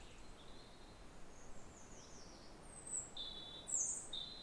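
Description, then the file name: European robin giving thin, high, sharp notes that alternate between higher and lower pitches in the final second and a half, over steady background noise. "Erithacus rubecula"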